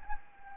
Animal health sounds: mosquito wingbeat signal from an infrared sensor; Anopheles gambiae

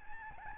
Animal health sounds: mosquito wingbeat signal from an infrared sensor; Aedes albopictus

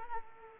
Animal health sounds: mosquito wingbeat signal from an infrared sensor; Culex quinquefasciatus

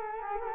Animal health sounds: mosquito wingbeat signal from an infrared sensor; Culex quinquefasciatus

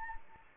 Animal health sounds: mosquito wingbeat signal from an infrared sensor; Anopheles arabiensis

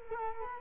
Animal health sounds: mosquito wingbeat signal from an infrared sensor; Culex quinquefasciatus

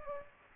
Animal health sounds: mosquito wingbeat signal from an infrared sensor; Aedes aegypti

